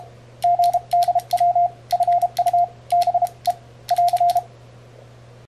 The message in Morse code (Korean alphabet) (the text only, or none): 습 니 다 <AR>